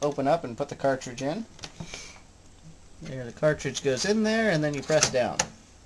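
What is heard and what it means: An NES game cartridge is handled at the flap of a front-loading Nintendo Entertainment System console, meant to be pushed in and pressed down to lock into place around the connector pins. Someone talks throughout, with a brief sharp tap at about 1.6 s. The clip ends before the cartridge goes home, so nothing has seated or clicked yet.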